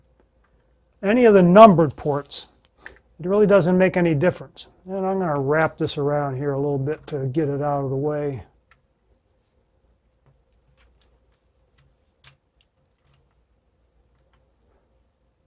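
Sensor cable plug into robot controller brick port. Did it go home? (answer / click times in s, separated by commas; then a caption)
no / none. Someone talks while handling an EV3 ultrasonic sensor's plastic cable plug, wrapping the cable out of the way before pushing it toward a numbered port on the robot controller brick. After the talking stops at about 8.4 s, only a few faint ticks are heard. Nothing has seated or clicked yet.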